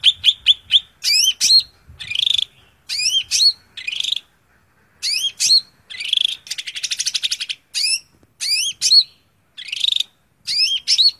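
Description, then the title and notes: Greater green leafbird song with looping, rising whistles, buzzy scratchy notes and one dense rattling trill, separated by brief gaps. Song intended as training material (masteran) for caged birds to learn from. "Suara Burung Cucak Ijo. mantap buat masteran burung cak ijo"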